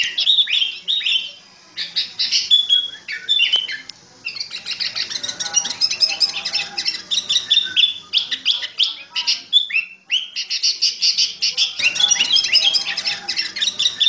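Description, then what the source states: Sooty-headed bulbul pouring out dense, rapid chattering song, a near-continuous stream of high chirps and scratchy notes with only short breaks. Master training song of a sooty-headed bulbul in a fierce style, called the 'thunder voice' style.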